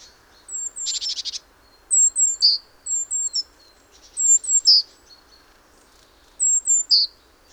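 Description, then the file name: Great tit calls: an opening burst of buzzy notes, then four groups of thin, high, falling notes each closing with a sharper lower note. "Parus major"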